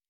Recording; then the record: hydrophone in a shrimp aquaculture tank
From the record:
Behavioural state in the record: normal